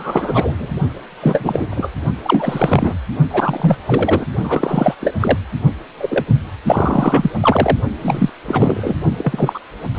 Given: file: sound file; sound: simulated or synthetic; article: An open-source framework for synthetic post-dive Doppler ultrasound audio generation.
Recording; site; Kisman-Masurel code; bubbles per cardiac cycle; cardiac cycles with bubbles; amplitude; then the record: Doppler ultrasound audio after a dive; precordial; 343; rolling drumbeat, over 9; 100%; loud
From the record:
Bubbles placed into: partial cardiac cycles